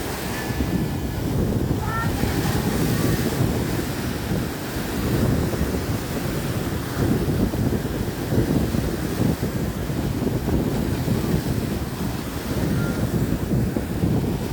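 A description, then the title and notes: Waves wash onto the shore in a dense, continuous rumble that stays low and fairly steady, with slight swells around the middle and near the end. Wind buffets the microphone throughout, and a few faint thin tones surface briefly early on. Waves crushing on the shore at the sunset.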